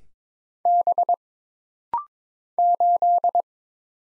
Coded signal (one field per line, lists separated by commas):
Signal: Morse code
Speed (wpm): 22 wpm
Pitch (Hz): 700 Hz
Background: none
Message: B 8